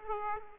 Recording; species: mosquito wingbeat signal from an infrared sensor; Aedes aegypti